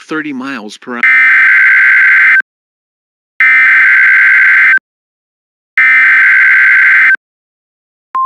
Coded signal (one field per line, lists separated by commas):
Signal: Emergency Alert System (SAME) tones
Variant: header bursts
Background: speech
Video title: EAS Test Tornado Warning for Statewide Indiana Tornado Drill on WXK86 (EAS #19) 3/10/2026